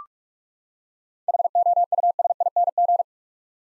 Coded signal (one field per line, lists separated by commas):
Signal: Morse code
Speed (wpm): 45 wpm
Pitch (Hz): 700 Hz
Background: none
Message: HOUSING